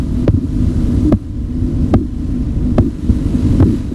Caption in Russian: На артерию ниже манжеты нужно поместить стетоскоп. Когда артерия пережата, ничего не слышно, но по мере падения давления в манжете появляется похлопывающий звук. Вот что слышал доктор в момент, когда давление манжеты соответствовало систолическому давлению. Коротков называл это первой фазой.